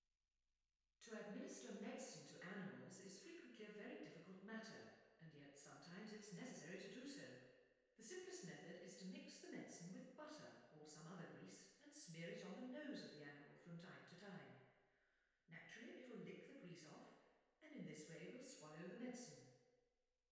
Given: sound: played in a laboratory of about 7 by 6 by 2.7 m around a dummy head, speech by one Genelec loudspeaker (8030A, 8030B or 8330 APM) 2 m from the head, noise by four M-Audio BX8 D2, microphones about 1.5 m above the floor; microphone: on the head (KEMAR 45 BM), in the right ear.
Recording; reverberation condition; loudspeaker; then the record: female speech in English; high; 150 degrees to the left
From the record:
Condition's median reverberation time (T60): about 1300 ms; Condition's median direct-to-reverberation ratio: about -4.0 dB